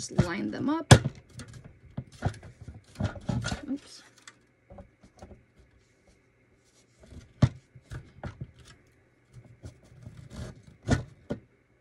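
A plastic floor panel for a toy grocery market set is lined up with the notched holes in the building base and handled while someone talks. Soft plastic taps and knocks come through, with the sharpest at about 1.4, 2.3, 4.3 and 7.4 seconds. The panel is not pushed home yet, and nothing has seated or clicked.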